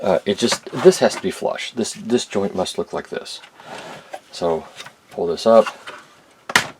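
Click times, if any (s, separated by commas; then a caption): 6.5 s, 6.6 s. A plastic joint on a transforming toy figure is pulled up until it snaps flush into place. Someone talks, then two sharp snaps are heard at 6.5 s and 6.6 s as the joint seats.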